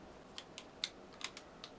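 The plastic latch on the lid of a small waterproof dry box is snapped shut after checking that the toilet paper is not trapped under the rubber seal. A short run of sharp, light clicks is heard over a faint hiss, with the loudest snap at 0.8 s. The latch is seated.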